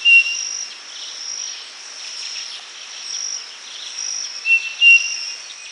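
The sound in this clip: Bird giving brief level whistles at the start and twice near the end, against a steady high-pitched insect drone.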